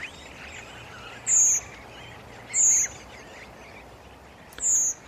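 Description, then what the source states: Redwing contact calls, three thin, high, drawn-out seeps, the second about one and a quarter seconds after the first and the third about two seconds later, against a constant background hiss. Redwings migrating at night, calling regularly to keep in contact; in winter up to a million arrive, mostly from Scandinavia and Iceland.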